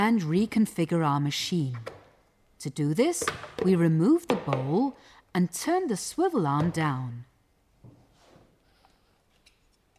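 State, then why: Not seated. Someone talks while a mincer attachment is placed onto a kitchen machine's drive outlet and lined up, ready to be turned. After the talking stops, only faint, soft handling sounds are heard around 8.9, 9.5 and 10.0 seconds. The attachment has not been turned or clicked into place yet.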